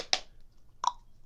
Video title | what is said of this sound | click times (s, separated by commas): iPhone Death Lens Hacks: DIFFRENT SPOKES EP #033 | works so I corner first snaps right in there and | 0.1 s